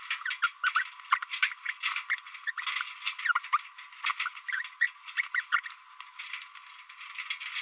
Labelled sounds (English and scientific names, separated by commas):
Green-rumped Parrotlet (Forpus passerinus) babbling